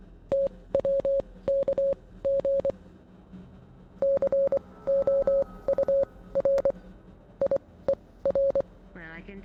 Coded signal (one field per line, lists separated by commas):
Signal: Morse code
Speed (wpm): 24 wpm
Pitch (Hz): 550 Hz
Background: speech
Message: TWKG COURIER